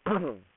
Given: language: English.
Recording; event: throat vibration sensor signal played as sound; throat clearing